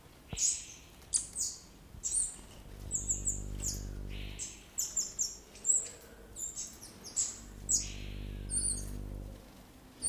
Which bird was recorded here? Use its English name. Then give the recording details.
Variable Sunbird. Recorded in captivity. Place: Zoo Berlin, Berlin, DE. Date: 1998-03-21 10:35. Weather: fair, ca. 0°C. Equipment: Nagra SN, Kopie Uher 4000 Report Monitor. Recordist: Tembrock, Günter. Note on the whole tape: Zwei Tiere: Kurzlaute, Entfernung ca. 50 cm